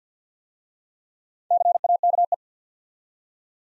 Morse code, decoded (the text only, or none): CAKE